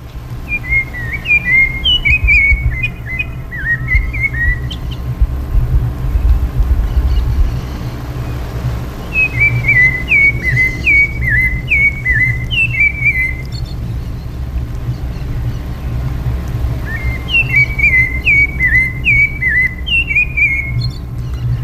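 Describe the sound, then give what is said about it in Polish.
A rufous-bellied thrush, a South American bird, sings three separate phrases of clear, slurred whistled notes, each a few seconds long with pauses between, over a steady low rumble of background noise. “przejdźmy do ptaka numer 3, czyli drozda rudobrzuchego.”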